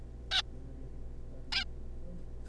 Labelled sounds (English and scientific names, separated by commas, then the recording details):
Zebra Finch (Taeniopygia guttata)
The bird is a juvenile
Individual R3549